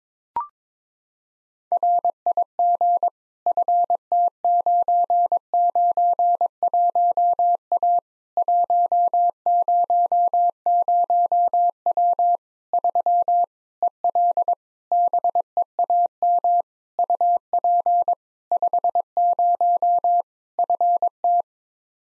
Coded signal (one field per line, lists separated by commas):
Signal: Morse code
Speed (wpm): 22 wpm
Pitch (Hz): 700 Hz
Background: none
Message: RIG FT991A 100W 3 EL BEAM UP 50 FT